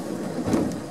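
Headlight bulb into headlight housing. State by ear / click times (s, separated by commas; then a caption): not seated / none. A replacement headlight bulb, or its connector and holder, is being fitted into the headlight housing of a C3 car. There is a low, steady rustle of handling that swells briefly around 0.5 s, with no sharp click. Nothing has seated or clicked yet.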